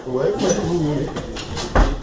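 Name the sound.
door being closed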